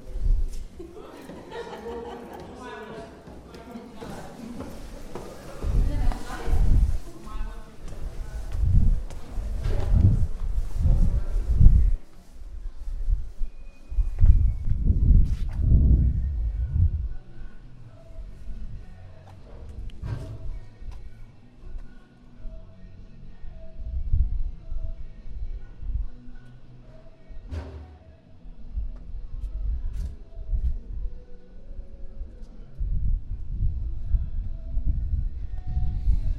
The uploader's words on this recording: Prague walk from Castle to Charles bridge & both towers. This walk starts at Prague Castle ending at Charles bridge by visiting both towers found at each side of Charles bridge.